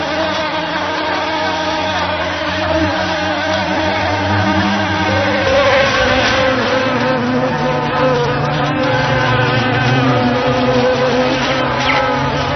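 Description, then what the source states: Bee buzzing as an unbroken humming drone, with tones that shift gently in pitch midway, over a low rumble. Recorded 18 July 2004.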